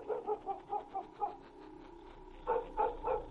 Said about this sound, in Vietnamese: Thế nhưng con chó mực xích ở dưới bếp lại một lần nữa sủa lên nhấm nha nhấm nhặng.